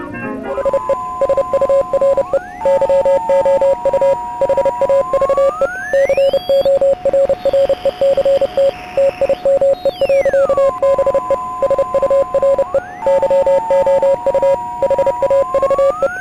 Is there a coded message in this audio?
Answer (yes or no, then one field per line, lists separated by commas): yes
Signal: Morse code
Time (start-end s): 0.6-16.1 s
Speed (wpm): 30 wpm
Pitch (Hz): 550 Hz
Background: music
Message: SE SURE YOU HAVE CORRECT TIME.BE SURE YOU HAVE